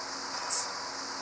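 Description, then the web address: Grasshopper sparrow call: a single very high, thin, brief note over faint low hum. Florida. "grsp ghspfl"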